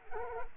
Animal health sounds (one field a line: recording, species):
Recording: mosquito wingbeat signal from an infrared sensor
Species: Culex quinquefasciatus